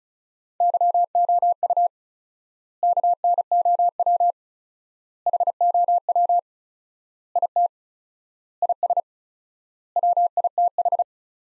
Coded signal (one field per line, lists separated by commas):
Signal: Morse code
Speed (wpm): 34 wpm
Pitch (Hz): 700 Hz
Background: none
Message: YOU KNOW HOW IT IS WITH